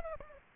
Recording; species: mosquito wingbeat signal from an infrared sensor; Aedes aegypti